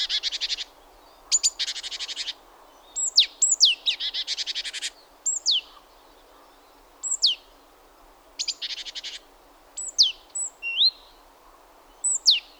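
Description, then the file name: Great tit calls: dense buzzy churring bursts alternating with thin high downslurred notes and sharp upswept chips, repeated throughout. "Parus major"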